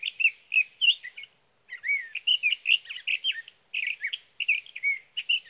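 Sage thrasher singing a continuous jumble of quick warbled notes and slurred whistles, with a couple of brief pauses.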